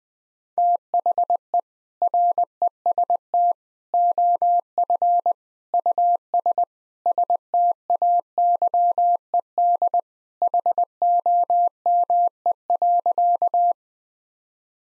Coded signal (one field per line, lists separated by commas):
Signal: Morse code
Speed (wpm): 20 wpm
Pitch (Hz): 700 Hz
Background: none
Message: THE REST OF US STAYED HOME.